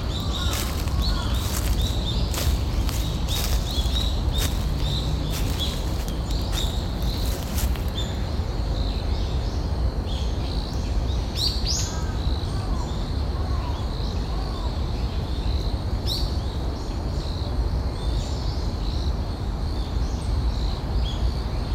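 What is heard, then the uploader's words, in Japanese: Birds chirp over a steady, low outdoor rumble that never lets up. Bright, quick calls and sharp ticks come thickly in the first eight seconds, then grow sparser, with scattered chirps around twelve and sixteen seconds. 公園の朝散歩より596鳥のさえずり。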